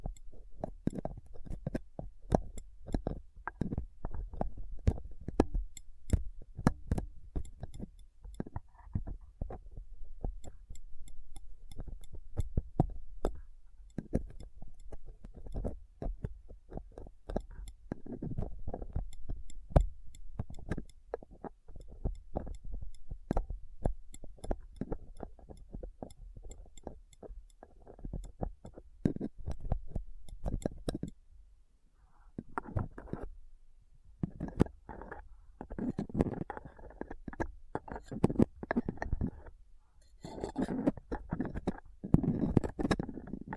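Rough mic picking with a dental pick, tweezers and cotton swab: dense, irregular scratching and sharp clicks run throughout, with a constant low rumble underneath. The scraping thins briefly near 32 seconds, then returns heavier with thicker rasping bursts toward the end.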